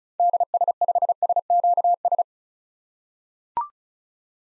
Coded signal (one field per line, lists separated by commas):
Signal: Morse code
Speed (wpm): 36 wpm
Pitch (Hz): 700 Hz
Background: none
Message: DS5SQS